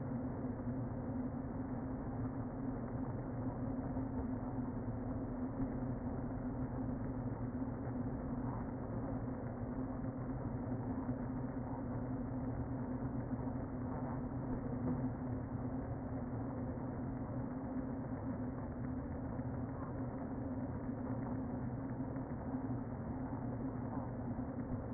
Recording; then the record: honeybee colony, microphone inside the hive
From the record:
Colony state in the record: queen present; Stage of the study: before two queens were removed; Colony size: about 60,000 bees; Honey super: yes